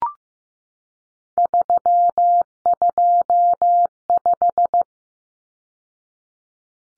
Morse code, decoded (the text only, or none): 325